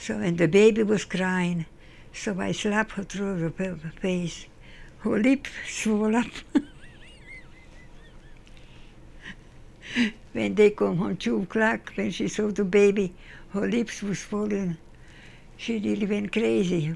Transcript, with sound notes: and the baby was crying so I slap her through the face. Her lip swell up, (Laughs) when they come home 2 o'clock. When she saw the baby, her lips were swollen. She went crazy.